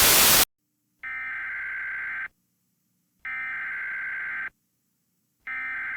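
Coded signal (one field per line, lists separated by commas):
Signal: Emergency Alert System (SAME) tones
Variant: header bursts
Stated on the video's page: Fictional tornado EAS scenario made as a horror short.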